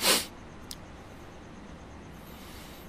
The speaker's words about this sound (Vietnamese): Ôi, sáng nay dính có tí xíu mưa mà giờ thấy khịt khụt khịt mũi này nữa.